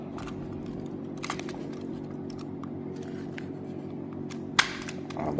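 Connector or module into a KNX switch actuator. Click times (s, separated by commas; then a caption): 4.6 s. A connector or module is pushed into a KNX switch actuator during wiring, with a steady low hum and a few faint ticks and rustles before it. It clicks into place with a sharp snap at 4.6 s and is locked.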